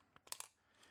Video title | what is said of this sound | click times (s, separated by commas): Wuben X1 Pro - Official Release Version | Again, just clicks into place. | 0.3 s, 0.4 s